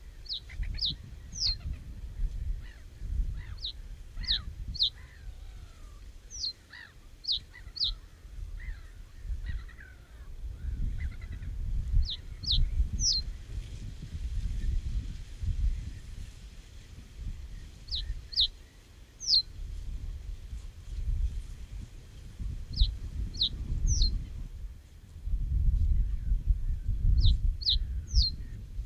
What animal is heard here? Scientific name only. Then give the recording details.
Emberiza schoeniclus. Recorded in the wild. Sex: male. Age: adult. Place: Hüde, Niedersachsen, DE. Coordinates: 52.485, 8.32222. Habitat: moor, lake. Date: 1970-05-07. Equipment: Uher 4000 Report-S, Bändchenmikro Beyer M 260, Parabolspiegel Polyester (470 mm). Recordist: Conrads, Klaus